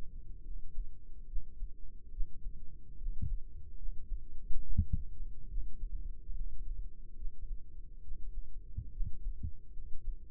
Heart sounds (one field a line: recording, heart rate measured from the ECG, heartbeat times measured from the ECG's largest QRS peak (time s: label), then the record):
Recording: heart sounds by microphone in the right ear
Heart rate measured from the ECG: 71 bpm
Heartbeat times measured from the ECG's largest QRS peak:
0.42 s: heartbeat
1.25 s: heartbeat
2.09 s: heartbeat
2.95 s: heartbeat
3.75 s: heartbeat
4.60 s: heartbeat
5.47 s: heartbeat
6.33 s: heartbeat
7.14 s: heartbeat
8.00 s: heartbeat
8.89 s: heartbeat
9.71 s: heartbeat
From the record:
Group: healthy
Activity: rest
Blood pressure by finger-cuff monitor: 112/64 mmHg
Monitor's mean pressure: 75 mmHg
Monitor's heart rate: 71 bpm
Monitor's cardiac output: 5.3 L/min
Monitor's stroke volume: 75 mL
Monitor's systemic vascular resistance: 1000 dyn s/cm5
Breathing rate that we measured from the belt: 19 breaths a minute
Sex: male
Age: 20 years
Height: 167 cm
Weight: 61 kg